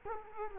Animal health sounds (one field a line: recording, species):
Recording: mosquito wingbeat signal from an infrared sensor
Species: Culex quinquefasciatus